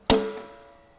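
With the release lever pulled, the metal ratchet buckle on the cylinder-securing strap of a counterbalance cylinder lifter (DTP08-150kg-R500-CA10) is swung around 180 degrees and clicks into its fully open position at 0.1 s, so the strap can be slackened. A single sharp, loud metallic hit is followed by a ringing tone that fades over about a second.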